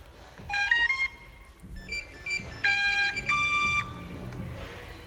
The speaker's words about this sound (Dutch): Wat jullie hier horen is de start-up sequentie, zeg maar, van de drone. Zodra we de power aanzetten, dan gaat de drone, geeft aan dat alle motoren het doen, dat alles goed is en dat die klaar is